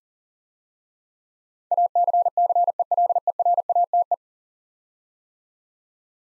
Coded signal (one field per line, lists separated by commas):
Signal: Morse code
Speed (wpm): 39 wpm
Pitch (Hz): 700 Hz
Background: none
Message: ACCELERATE